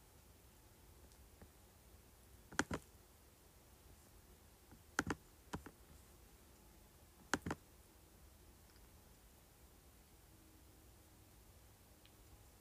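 Sharp clicks from a keyboard and mouse come in small clusters of two or three, at about 2.5, 5 and 7.5 seconds, with one lone tap near 5.5 seconds. Between them there is only a low, steady hush, with no continuous typing.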